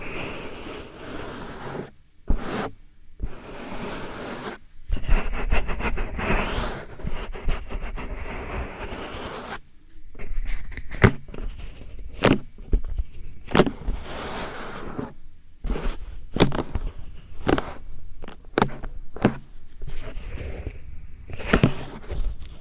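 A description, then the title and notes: Soft powder rubbed against the ear in an ear massage, a steady, dense, hushed rustle with a low rumble underneath. Short bright brushing strokes and dabs arrive every second or so, with brief silent gaps near two and five seconds. ASMR Real Soft Powder Ear Massage (No Talking).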